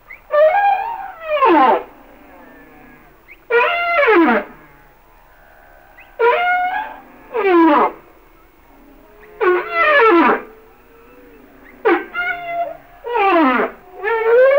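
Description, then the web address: Humpback whale song with descending harmonic cries, often in pairs, separated by brief silences. "Natures Songs Whale Songs Sounds of Nature - Humpback Whales"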